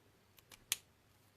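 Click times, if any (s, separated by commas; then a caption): 0.7 s. A plastic cap is pressed onto an alcohol-based blending marker until it clicks into place, so the marker does not dry out. Two faint ticks at about 0.4 and 0.5 seconds lead into a sharp, bright click at 0.7 seconds as the cap seats, then quiet background.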